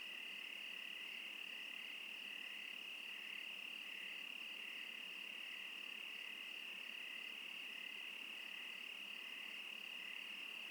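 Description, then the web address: Crickets in chorus: a steady high, ringing trill with a softer pulsing layer underneath. Crickets in wilderness in Oregon. "Discover Oregon - Wilderness Crickets Crickets. Crickets Interlude"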